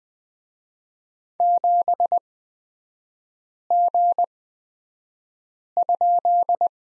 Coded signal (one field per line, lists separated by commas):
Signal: Morse code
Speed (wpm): 20 wpm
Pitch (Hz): 700 Hz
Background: none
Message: 7G?